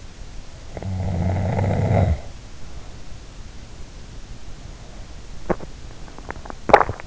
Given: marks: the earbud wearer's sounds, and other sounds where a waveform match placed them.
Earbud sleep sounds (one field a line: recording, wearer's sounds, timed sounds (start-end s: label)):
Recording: sounds in sleep by an in-ear microphone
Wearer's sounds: snoring breath, teeth grinding, swallowing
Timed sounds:
0.64-3.05 s: snoring breath
5.27-6.54 s: teeth grinding
6.70-7.07 s: swallowing